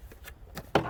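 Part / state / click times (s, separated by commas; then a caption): plastic latch closing the lid on a storage trunk / seated / 0.6 s, 0.8 s. The plastic latches on the lid of a Plano 108-quart plastic storage trunk, newly fitted with a foam weather seal, are snapped shut, taking a little more effort because of the tight seal. Two sharp snaps are heard at 0.6 s and 0.8 s, the second much louder. The latches are snapped shut and the lid is sealed closed.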